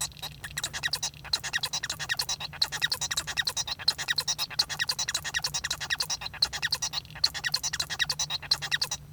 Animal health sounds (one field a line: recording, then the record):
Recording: song of a male Bengalese finch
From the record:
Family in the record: son of father 1